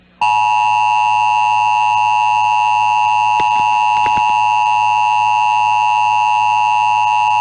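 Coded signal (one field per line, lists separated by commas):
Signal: Emergency Alert System (SAME) tones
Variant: 853 and 960 Hz attention tone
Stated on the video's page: Severe Thunderstorm alerts received on NOAA Weather Radio.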